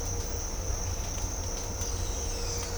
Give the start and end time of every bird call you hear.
[1.89, 2.67] bird call

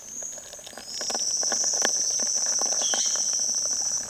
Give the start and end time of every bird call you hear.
[2.72, 3.33] bird call

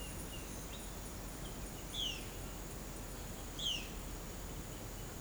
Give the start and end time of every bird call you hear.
[0.00, 1.00] bird call
[1.78, 2.17] bird call
[3.55, 3.89] bird call

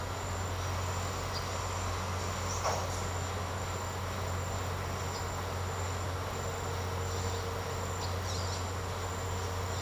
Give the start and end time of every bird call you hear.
[2.44, 2.89] bird call
[7.00, 8.69] bird call

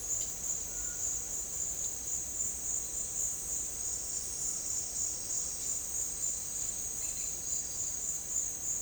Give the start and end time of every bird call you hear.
[6.90, 7.31] bird call

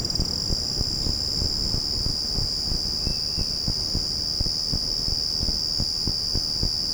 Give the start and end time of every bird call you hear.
[2.91, 3.50] bird call

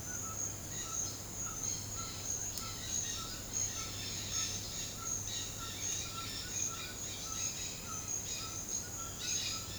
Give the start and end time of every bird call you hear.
[0.50, 9.74] bird call

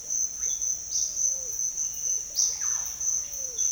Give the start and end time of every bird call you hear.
[0.03, 1.51] bird call
[1.97, 2.88] bird call
[3.14, 3.65] bird call

